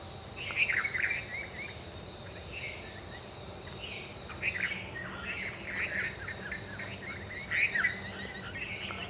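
Red-vented bulbul song: short bubbly whistled phrases around mid-high pitch, repeated in bursts, over steady hiss and a constant high tone.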